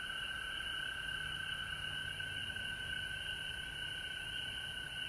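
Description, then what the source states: Frogs calling together in an unbroken chorus, high trilled bands holding steady for the whole stretch over a low background hum. Frogs recorded at home in Georgia on March 19, 2020.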